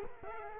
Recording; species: mosquito wingbeat signal from an infrared sensor; Culex quinquefasciatus